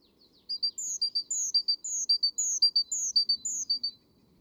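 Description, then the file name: Great tit call sequence of quick paired high chips and longer, higher falling notes in a regular rhythm, with soft low background noise. "Parus major"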